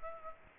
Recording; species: mosquito wingbeat signal from an infrared sensor; Aedes aegypti